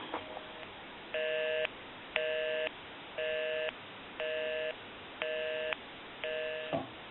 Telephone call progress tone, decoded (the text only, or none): busy tone